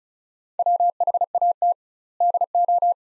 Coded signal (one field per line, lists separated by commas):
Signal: Morse code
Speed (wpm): 36 wpm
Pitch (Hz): 700 Hz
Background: none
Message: WHAT DO